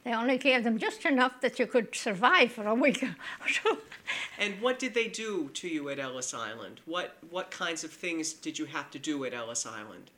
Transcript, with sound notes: They only gave them just enough that you could survive for a week. ( she laughs. )
And what did they do to you at Ellis Island? What kinds of things did you have to do at Ellis Island?